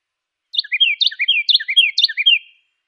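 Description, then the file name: Carolina wren giving a loud ringing song, a phrase repeated about four times rapidly, clean with no other sounds. Song variation 3. "suara-kicauan-burung-carolina-wren-variasi-3-omkicau"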